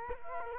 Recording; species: mosquito wingbeat signal from an infrared sensor; Culex quinquefasciatus